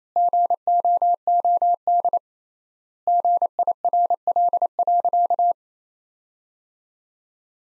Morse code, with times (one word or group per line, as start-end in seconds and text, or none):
0.2-2.2 GOOD
3.1-5.5 GIRL.